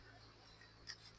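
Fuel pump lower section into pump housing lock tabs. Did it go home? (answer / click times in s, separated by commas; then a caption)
no / none. The lower section of a Honda Click 125i fuel pump is being pushed by hand toward the locking tabs of its pump housing. A low steady hum runs under faint handling noises, with a brief bright scrape near 0.9 s. Nothing has seated or clicked yet.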